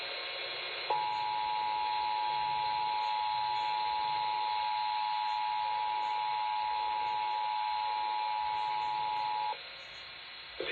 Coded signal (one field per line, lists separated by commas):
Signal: Emergency Alert System (SAME) tones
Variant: 853 and 960 Hz attention tone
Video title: August 2024 Texas Required Monthly Test (EAS #647-660)